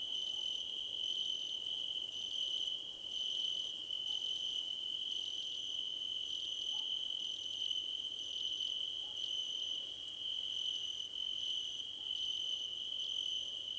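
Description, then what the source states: Crickets chirping in chorus, a continuous high trill overlaid by fast pulsed chirp bursts about a second long with short pauses between. Several crickets chirping together, described as a choir competition.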